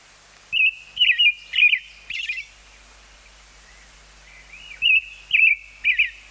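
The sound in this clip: Robin song: clear, warbled whistled phrases of three or four notes, a pause, then another similar run of whistled notes, with a faint low hum behind.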